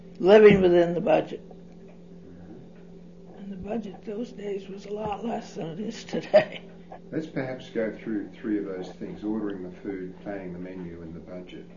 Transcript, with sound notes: Living within the budget. And the budget those days was a lot less than it is today. (laughs)
Let's perhaps go through three of those things: ordering the food, planning the menu, and the budget.